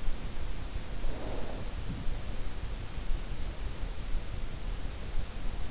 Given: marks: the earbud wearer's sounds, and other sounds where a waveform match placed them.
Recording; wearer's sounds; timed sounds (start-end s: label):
sounds in sleep by an in-ear microphone; snoring breath
0.97-1.86 s: snoring breath